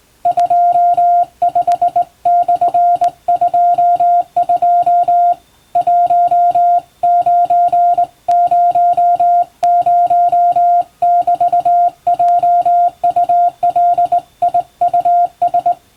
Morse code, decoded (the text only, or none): 25/22 1900<BT>JULIUS